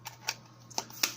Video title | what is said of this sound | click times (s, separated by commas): Blueendless BS-KEY25, encoder votre HDD externe facilement ;) | alors petit problème de finition voyez ça clipse mais sa clique | 1.0 s